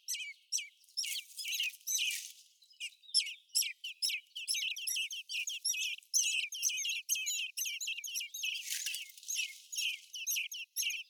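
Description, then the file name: Common blackbird producing fast, crowded high chirps with short rushes of hissing noise among them. "Turdus merula"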